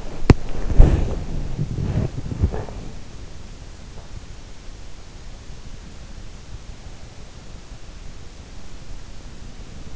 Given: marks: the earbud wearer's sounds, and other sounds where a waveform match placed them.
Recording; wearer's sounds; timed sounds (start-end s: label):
sounds in sleep by an in-ear microphone; body movement, breath
0.00-3.52 s: body movement
2.33-3.37 s: breath